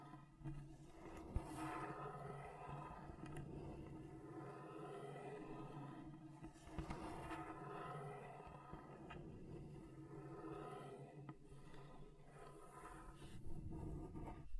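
A table is scratched across different surfaces, a steady grinding rasp with a low hum, broken by sharp clicks and bright scrapes throughout.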